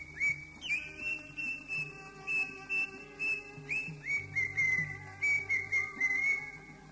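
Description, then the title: Oriental magpie-robin song: clear whistled notes near one pitch, repeated in quick runs with short upslurs, over a steady low tonal hum. "Kicau Kacer"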